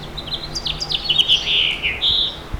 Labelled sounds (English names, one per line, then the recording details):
House Finch song
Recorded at Babylon on Long Island, New York, on 18 May 2013
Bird A